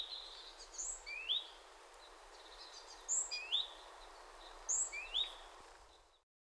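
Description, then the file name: Great tit giving thin, high whistled notes that drop in pitch, in three small groups over a soft hiss of background noise. "Parus major"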